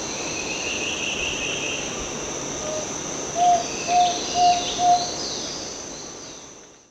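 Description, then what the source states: Fluffy-backed tit-babbler call: four clear, evenly spaced whistled notes on one steady pitch, about half a second apart, over constant high insect buzzing and some other faint bird calls. Recorded 1 March 2008.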